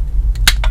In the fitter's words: make sure you hear that clicking noise to make sure you have secured that properly okay